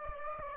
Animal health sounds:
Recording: mosquito wingbeat signal from an infrared sensor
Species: Aedes aegypti

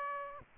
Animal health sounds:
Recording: mosquito wingbeat signal from an infrared sensor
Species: Aedes aegypti

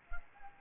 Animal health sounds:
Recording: mosquito wingbeat signal from an infrared sensor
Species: Anopheles arabiensis

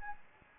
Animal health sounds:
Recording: mosquito wingbeat signal from an infrared sensor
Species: Anopheles gambiae

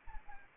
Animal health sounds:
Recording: mosquito wingbeat signal from an infrared sensor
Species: Anopheles arabiensis

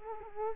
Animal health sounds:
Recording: mosquito wingbeat signal from an infrared sensor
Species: Culex quinquefasciatus

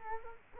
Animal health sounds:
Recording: mosquito wingbeat signal from an infrared sensor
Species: Culex quinquefasciatus

